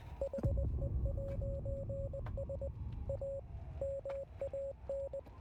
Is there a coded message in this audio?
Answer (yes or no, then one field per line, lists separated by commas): yes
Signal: Morse code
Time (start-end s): 0.2-5.2 s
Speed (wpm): 20 wpm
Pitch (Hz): 550 Hz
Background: none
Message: HE'S A MAN